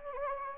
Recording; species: mosquito wingbeat signal from an infrared sensor; Anopheles gambiae